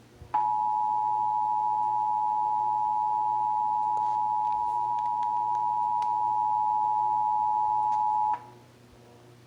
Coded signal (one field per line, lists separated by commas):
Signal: Emergency Alert System (SAME) tones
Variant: 853 and 960 Hz attention tone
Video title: (EAS #547-552) December 2023 Texas Required Monthly Test